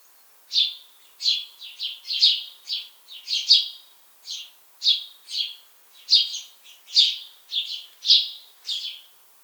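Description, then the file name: House sparrow giving repeated bright cheep calls in quick irregular bursts of two or three notes throughout. "Passer domesticus"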